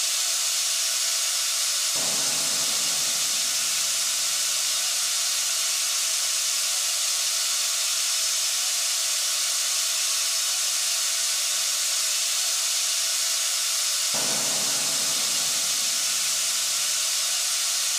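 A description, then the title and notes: Steady white noise, a bright, even hiss that stays constant from start to finish, with a faint thin tone running underneath. Twice, around two seconds and again near fourteen seconds, a lower rushing layer briefly thickens the sound for a second or so. White Noise.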